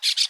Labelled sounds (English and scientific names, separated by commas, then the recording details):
Brown-throated Parakeet (Eupsittula pertinax) contact call
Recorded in Aruba
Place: hill w/tanki N of Savaneta
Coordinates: 12.461, -69.944